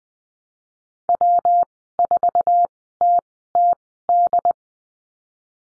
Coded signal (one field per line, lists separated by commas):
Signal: Morse code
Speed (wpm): 20 wpm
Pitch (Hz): 700 Hz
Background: none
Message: W4TTD